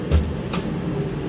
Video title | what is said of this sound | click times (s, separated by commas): Repairing minor accident damage on a Subaru Forester | going to try and make it look its best and now the hood pops, as it should! | 0.5 s